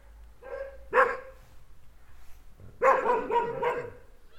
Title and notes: enscherange, rackes millen, dogs. Enscherange - dog run. The sound of four dogs welcoming a stranger until finally the owner calls them to be silent